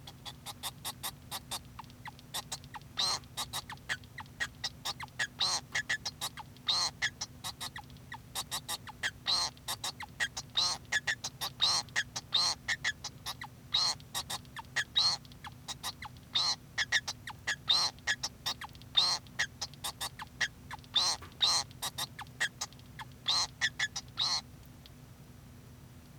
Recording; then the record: song of a male Bengalese finch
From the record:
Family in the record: son of father 2